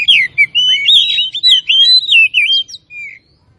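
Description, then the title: Oriental magpie-robin singing a continuous stream of sweet, warbled whistles that swoop up and down. Singing bird described as gacor (singing vigorously and continuously); Tretes type. "Kacer Tretes Gacor"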